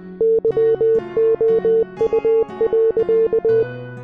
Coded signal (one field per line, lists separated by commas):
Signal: Morse code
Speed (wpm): 20 wpm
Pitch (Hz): 440 Hz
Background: music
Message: YOU.